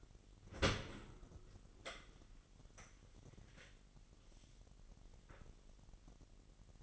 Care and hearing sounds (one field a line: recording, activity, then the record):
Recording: daily activity, microphone in the room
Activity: open dishwasher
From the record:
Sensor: 4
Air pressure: 999.2 hPa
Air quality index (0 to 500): 120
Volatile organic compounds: 2 ppm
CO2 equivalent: 1188 ppm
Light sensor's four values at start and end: 9/22/9/9 and 8/20/8/9